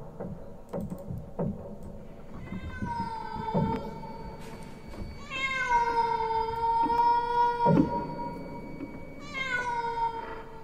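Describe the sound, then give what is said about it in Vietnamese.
At midnight a cat standing on a porch outside a door yowls three times in long, drawn-out, wavering cries, the middle one longest and loudest, with faint thumps and low rumbling underneath. “Lão Tính thấy sống lưng tê dần cả đi, khi không nửa đêm nửa hôm lại có tiếng mèo kêu.”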